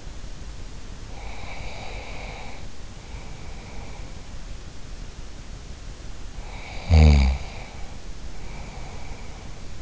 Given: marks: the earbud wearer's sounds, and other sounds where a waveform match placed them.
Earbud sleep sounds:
sounds in sleep by an in-ear microphone; breath, snoring breath
0.96-4.12 s: breath
6.30-9.82 s: snoring breath

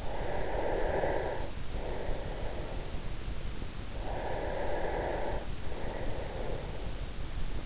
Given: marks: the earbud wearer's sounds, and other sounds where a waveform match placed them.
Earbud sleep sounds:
sounds in sleep by an in-ear microphone; breath
0.00-2.83 s: breath
3.72-7.20 s: breath

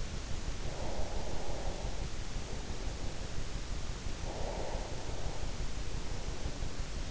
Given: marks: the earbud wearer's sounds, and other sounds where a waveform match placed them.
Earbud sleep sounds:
sounds in sleep by an in-ear microphone; breath
0.44-3.32 s: breath
4.05-6.06 s: breath

